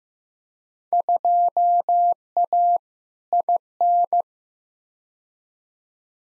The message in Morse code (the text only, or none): 2A IN